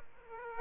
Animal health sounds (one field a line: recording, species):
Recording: mosquito wingbeat signal from an infrared sensor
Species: Aedes aegypti